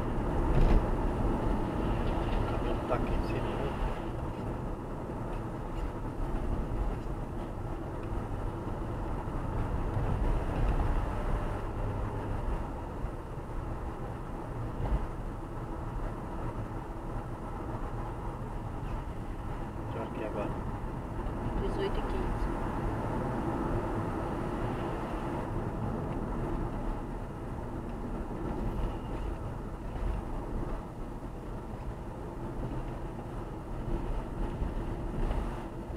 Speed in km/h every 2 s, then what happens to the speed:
72, 71, 70, 73, 76, 80, 83, 84, 84, 83, 77, 73, 72, 69, 68, 67, 64, 62.
0-5 steady at about 71. 5-11 speeds up to 83. 11-17 steady at about 84. 17-36 slows to 62.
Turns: none.